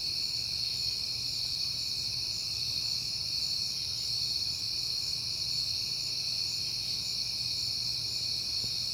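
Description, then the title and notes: Cricket chorus, a steady high trill without pause, above a gentle low background hum. Crickets on a peaceful night in September. "Night Time: Crickets and Passing Cars. It is September and I have been hearing the crickets a lot"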